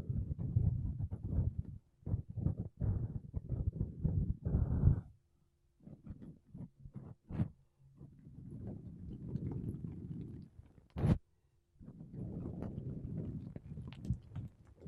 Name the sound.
Mic Brushing Using Makeup Brushes and Sponge